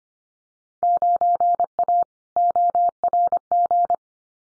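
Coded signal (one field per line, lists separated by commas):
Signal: Morse code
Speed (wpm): 25 wpm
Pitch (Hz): 700 Hz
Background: none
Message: 9A ORG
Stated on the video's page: Field Day exchange head-copy drill at 25 wpm; each exchange sent in Morse, spoken, then sent again.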